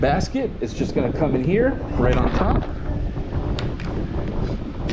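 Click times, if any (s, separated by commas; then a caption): 3.6 s. Someone talks while the front basket of a Drive Scout 3-wheel scooter is set down onto its mount on top of the scooter, with wind noise in the background. At 3.6 s a sharp click is heard as the basket pops in and seats on the mount.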